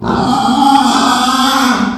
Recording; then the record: squeal of a Yucatan mini pig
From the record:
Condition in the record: after surgery on the right vocal fold (resection and tissue-engineered implant); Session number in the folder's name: 16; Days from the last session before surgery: 183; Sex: female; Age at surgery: 19 weeks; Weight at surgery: 25 kg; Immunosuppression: prednisolone